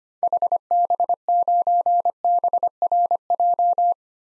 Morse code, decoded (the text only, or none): HB9BRJ